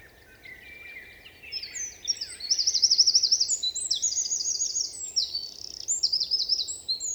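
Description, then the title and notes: Eurasian wren singing a loud, rapid outpouring of high trills and sharp notes over steady low background noise. Eurasian wren in forest at Val Maravel, 27 March 2020; vigorous, nervous song asserting its presence to potential rivals; recorded in stereo on Nagra Seven with MKH8040. "UN VENT DE TROGLODYTE. 27 mars 2020-Val Maravel - Nagra seven - stéréo - mkh8040 Un Troglodyte mignon (Troglodytes troglodytes) affirme par son chant vigoureux sa présence à tout concurrent potentiel.Chanteur de la forêt son chant nerveux est toujours impressionnant de puissance"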